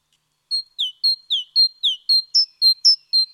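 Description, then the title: Great tit delivering one bout of about eleven rhythmic whistled notes, alternating high flat tones and lower falling slurs, steady and clear. Nominate subspecies Parus major major. "G3latik b4t0. Great Tit (Parus major major)"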